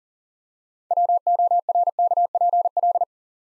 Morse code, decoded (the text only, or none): WORKPL